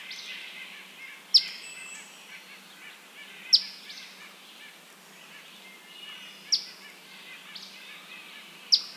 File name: Eastern Phoebe - Sayornis phoebe